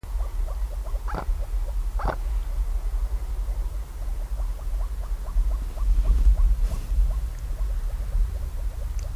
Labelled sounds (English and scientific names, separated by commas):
Mute Swan (Cygnus olor) call